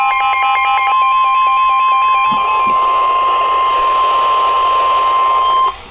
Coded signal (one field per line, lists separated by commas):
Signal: Emergency Alert System (SAME) tones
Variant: 1050 Hz attention tone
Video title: EAS #61 Severe Thunderstorm Warning 5/20/14